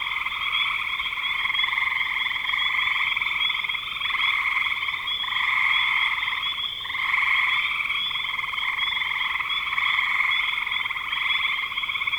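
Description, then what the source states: Frogs in a dense chorus: overlapping pulsed, trilling croaks form an unbroken high buzz throughout, easing briefly near the seventh second before swelling again. Recorded in spring 2025.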